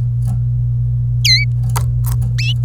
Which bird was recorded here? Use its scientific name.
Serinus canaria